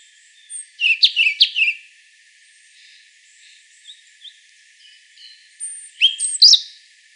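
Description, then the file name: European robin song: a loud phrase of high, sliding notes, then soft scattered twitters, ending with another bright, rapid flourish. "Erithacus rubecula"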